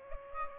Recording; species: mosquito wingbeat signal from an infrared sensor; Aedes aegypti